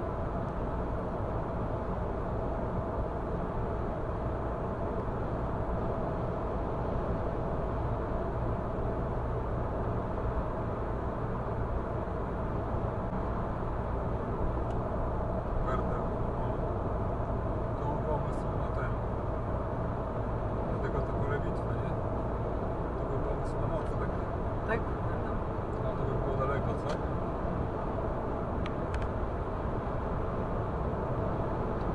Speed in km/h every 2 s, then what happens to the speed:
105, 105, 105, 105, 104, 105, 105, 105, 105, 105, 105, 105, 111, 114, 116, 118.
0-22 steady at about 105. 22-32 speeds up to 118.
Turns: none.